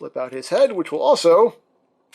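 Someone talks while handling a plastic Transformers Power of the Primes Deluxe Sinnertwin figure: the back panel is opened and the robot head is flipped out so it can lock into the torso. The speech fills the first 1.6 seconds, followed by near silence. The head has not yet seated or clicked into place when the clip ends.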